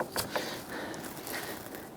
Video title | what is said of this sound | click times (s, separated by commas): How to Replace Harmonic Balancer 1999-2004 Jeep Grand Cherokee 4.7L V8 | and that popped into place | 0.4 s